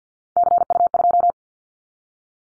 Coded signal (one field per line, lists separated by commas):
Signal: Morse code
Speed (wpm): 50 wpm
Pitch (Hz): 700 Hz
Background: none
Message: CU2